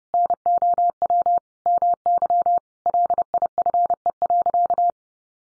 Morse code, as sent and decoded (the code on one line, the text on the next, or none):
-. --- .-- / -- -.-- / .-.. .. ..-. . .-.-.-
NOW MY LIFE.